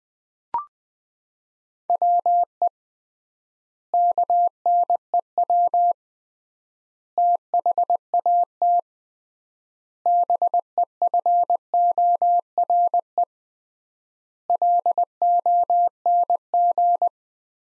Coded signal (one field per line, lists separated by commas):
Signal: Morse code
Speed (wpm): 21 wpm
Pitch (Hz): 700 Hz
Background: none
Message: WE KNEW THAT BEFORE LONG